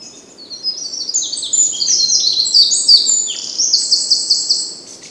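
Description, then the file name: Eurasian wren singing: quick-fire high-pitched trills and twittering notes in one continuous burst, finishing with a fast trill, against faint ambient hiss. "Troglodytes troglodytes"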